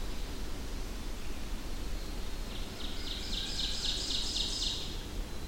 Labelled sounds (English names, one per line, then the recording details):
Ovenbird song
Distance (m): 40 m
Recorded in boreal forest in Alberta, Canada, on 25 June 2016 at 07:40
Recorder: SongMeter 3, array SBT-6-76
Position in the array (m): 8 m, 116 m
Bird 2